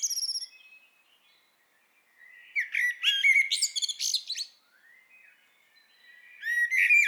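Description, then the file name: Common blackbird singing a short high trill, a pause, then a long phrase of mixed slurred notes and twitters, with another phrase beginning at the end. "Turdus merula"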